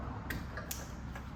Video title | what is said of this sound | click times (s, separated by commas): Alpharex vs Morimoto led headlights! Toyota Tacoma l square1offroad | you'll hear the click | 0.3 s, 0.7 s